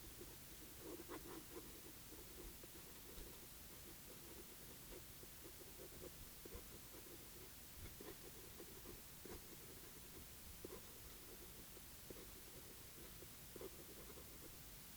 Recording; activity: daily activity, guitar pickup as the sensor; write